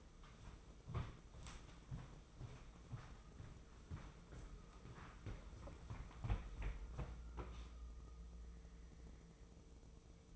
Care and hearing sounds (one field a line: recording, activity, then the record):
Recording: daily activity, microphone in the room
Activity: walk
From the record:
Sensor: 1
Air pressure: 996.0 hPa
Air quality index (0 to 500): 241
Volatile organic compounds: 1000 ppm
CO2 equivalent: 7031 ppm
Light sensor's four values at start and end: 37/93/39/48 and 37/94/40/48